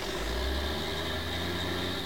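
Steady street traffic noise with a low engine rumble and broad hiss, continuous and even throughout, with no voices.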